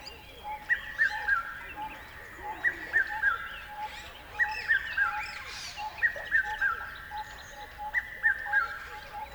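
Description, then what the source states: Bird calling with repeated falling three-note phrases, a steady lower pulsing tone throughout and scattered softer chirps between. River at dawn.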